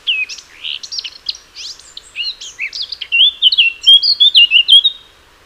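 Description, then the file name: Eurasian blackcap song: rushed, scratchy warbling at first, then a loud sequence of pure, fluty whistles before falling silent. "Sylvia atricapilla"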